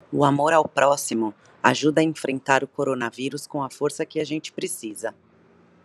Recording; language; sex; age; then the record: spoken sentence; Brazilian Portuguese; female; 30 to 39 years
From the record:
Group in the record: control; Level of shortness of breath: 0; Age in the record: 39 years